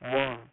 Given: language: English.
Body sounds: throat vibration sensor signal played as sound; speech

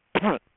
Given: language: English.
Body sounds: throat vibration sensor signal played as sound; cough

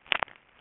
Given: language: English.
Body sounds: throat vibration sensor signal played as sound; swallow

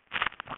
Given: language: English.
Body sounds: throat vibration sensor signal played as sound; swallow

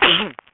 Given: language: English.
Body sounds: throat vibration sensor signal played as sound; cough

